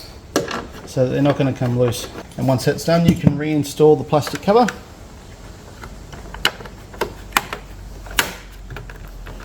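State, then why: Seated. Someone talks while the plastic trim cover over the tail light bolts on a Landcruiser 200 is refitted onto the tail light mounting area. After a quieter stretch, its clips snap into place with sharp clicks at 6.5 s, 7.4 s and 8.2 s, and the cover is seated.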